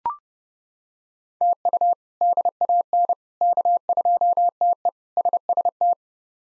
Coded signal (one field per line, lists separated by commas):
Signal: Morse code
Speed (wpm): 30 wpm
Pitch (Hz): 700 Hz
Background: none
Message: TU DAN K2TE SST